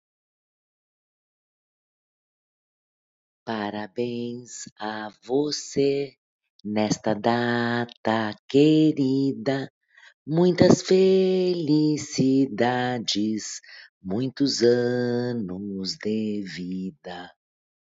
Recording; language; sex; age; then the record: short text; Brazilian Portuguese; female; 50 to 59 years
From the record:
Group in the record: control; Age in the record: 54 years